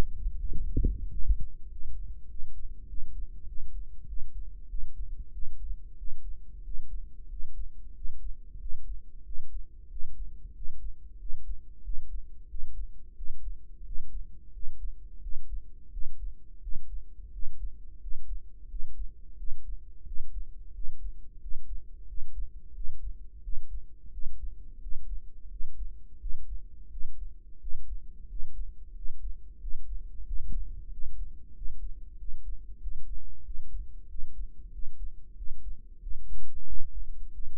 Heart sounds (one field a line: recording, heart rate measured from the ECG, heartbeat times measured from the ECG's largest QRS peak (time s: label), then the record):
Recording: heart sounds by microphone in the right ear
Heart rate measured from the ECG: 91 bpm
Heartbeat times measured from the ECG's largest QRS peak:
0.50 s: heartbeat
1.11 s: heartbeat
1.71 s: heartbeat
2.29 s: heartbeat
2.89 s: heartbeat
3.48 s: heartbeat
4.08 s: heartbeat
4.69 s: heartbeat
5.33 s: heartbeat
5.98 s: heartbeat
6.65 s: heartbeat
7.30 s: heartbeat
7.95 s: heartbeat
8.60 s: heartbeat
9.26 s: heartbeat
9.91 s: heartbeat
10.55 s: heartbeat
11.20 s: heartbeat
11.84 s: heartbeat
12.49 s: heartbeat
13.16 s: heartbeat
13.86 s: heartbeat
14.54 s: heartbeat
15.22 s: heartbeat
15.92 s: heartbeat
16.62 s: heartbeat
17.33 s: heartbeat
18.02 s: heartbeat
18.70 s: heartbeat
19.38 s: heartbeat
20.06 s: heartbeat
20.75 s: heartbeat
21.42 s: heartbeat
22.08 s: heartbeat
22.75 s: heartbeat
23.43 s: heartbeat
24.13 s: heartbeat
24.82 s: heartbeat
25.51 s: heartbeat
26.21 s: heartbeat
26.91 s: heartbeat
27.61 s: heartbeat
28.30 s: heartbeat
28.96 s: heartbeat
29.61 s: heartbeat
30.27 s: heartbeat
30.92 s: heartbeat
31.56 s: heartbeat
32.19 s: heartbeat
32.82 s: heartbeat
33.45 s: heartbeat
34.09 s: heartbeat
34.73 s: heartbeat
35.37 s: heartbeat
36.02 s: heartbeat
36.67 s: heartbeat
37.33 s: heartbeat
From the record:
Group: healthy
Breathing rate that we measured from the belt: 17 breaths a minute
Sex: male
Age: 21 years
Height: 175 cm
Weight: 72.6 kg